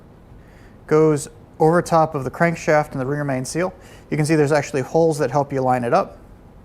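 A metal crank impulse rotor is handled over the crankshaft and rear main seal of a Porsche 944 restomod's engine during a 07k clutch and bellhousing job, with its holes used to line it up. Someone talks throughout, and a faint sound comes at the very end around 6.7 seconds. Nothing has seated or clicked yet.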